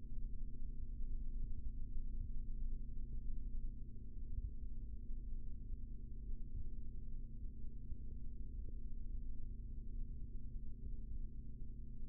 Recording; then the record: forearm muscle sounds (acoustic myography)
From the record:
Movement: rest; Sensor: system 3, bracelet of six PUI Audio POM-2738L microphones around the upper forearm, with dedicated amplification and filtering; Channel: 5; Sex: male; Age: 25 years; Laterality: right